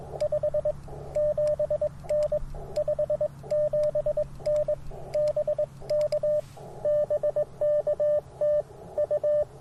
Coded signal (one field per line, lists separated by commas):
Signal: Morse code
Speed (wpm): 21 wpm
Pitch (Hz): 600 Hz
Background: radio noise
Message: 57N 57N BK BK TU